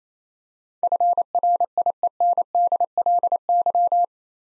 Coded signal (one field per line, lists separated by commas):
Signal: Morse code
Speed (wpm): 28 wpm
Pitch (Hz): 700 Hz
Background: none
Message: FRIENDLY